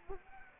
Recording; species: mosquito wingbeat signal from an infrared sensor; Anopheles arabiensis